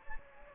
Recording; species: mosquito wingbeat signal from an infrared sensor; Anopheles gambiae